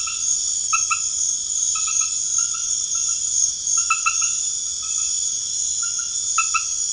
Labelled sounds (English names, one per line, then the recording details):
none
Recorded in pastures near Puerto Asís, Putumayo, Colombia, on 21 March 2025 at 22:30
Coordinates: 0.502, -76.324
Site GP07